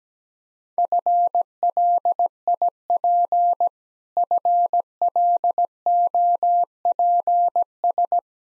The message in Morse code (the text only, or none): FLIP FLOPS